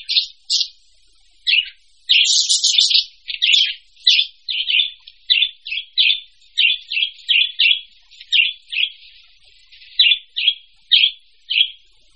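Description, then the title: Bird song of short, high, scratchy chirping bursts repeated in quick succession, with a denser warbled stretch early on; otherwise quiet. Several mixed birds. "manuk campur"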